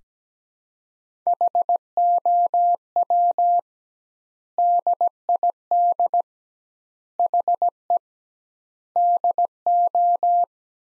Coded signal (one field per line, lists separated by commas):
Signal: Morse code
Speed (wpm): 17 wpm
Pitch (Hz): 700 Hz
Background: none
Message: HOW DID HE DO